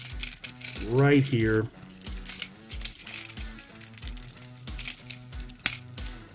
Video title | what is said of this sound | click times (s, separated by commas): 2003 Transformers Universe Razorclaw | okay that snaps into place | 5.7 s